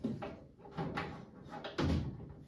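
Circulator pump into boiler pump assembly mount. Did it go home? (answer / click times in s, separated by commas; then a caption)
no / none. A replacement circulator pump is handled against its mount on the pump assembly inside the boiler, where it is meant to snap into place before the screws go back in. Several knocks and bumps are heard, with the sharpest at about 1.0 s and 1.8 s. Nothing has seated or clicked yet.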